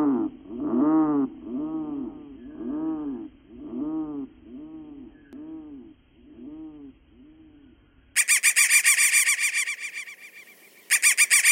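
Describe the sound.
Crow giving hoarse, arched caws in a slow series, about one per second, then a loud, harsh rasping sound.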